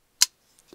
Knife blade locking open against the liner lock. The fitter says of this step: oh solid lockup